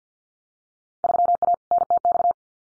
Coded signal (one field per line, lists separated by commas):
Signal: Morse code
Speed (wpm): 50 wpm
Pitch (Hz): 700 Hz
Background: none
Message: 3A NTX